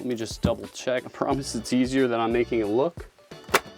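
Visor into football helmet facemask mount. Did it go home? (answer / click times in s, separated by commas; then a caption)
yes / 3.5 s. Someone talks while working a plastic visor into the facemask mount of a Schutt F7 Pro football helmet, then pushes the visor up. A sharp snap at 3.6 seconds marks the visor popping into place, seated on the helmet.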